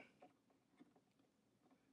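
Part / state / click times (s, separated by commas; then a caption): RAM module into iMac memory slot / not seated / none. A second RAM module is held and lined up over a memory slot in a 27-inch iMac 5K before being pushed in. Only faint, soft handling taps and light scrapes are heard, with slightly stronger touches near 0.2 and 0.8 seconds. Nothing has seated or clicked yet.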